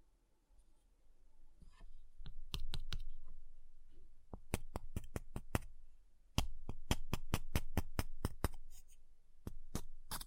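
Sharp, bright taps on ice come in quick irregular runs after a quiet start, with brief scratchy scraping and a low rumble between.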